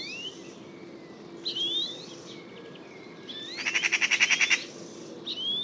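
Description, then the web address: Bird calls: whistled upslurs and downslurs, then a rapid pulsed rattle of about a dozen beats, followed by another whistle. "cianscape birddata Deverinetal"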